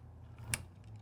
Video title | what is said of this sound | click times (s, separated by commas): Advanced Error-Proofing in Assembly - Connected Process Control (CPC) | I heard that, and now I have that positioned and secure | 0.5 s